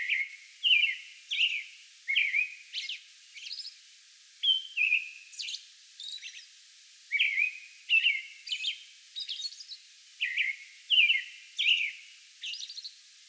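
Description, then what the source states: American robin caroling, a long string of warbled whistled phrases with frequent thin high notes. Song bout recorded May 11.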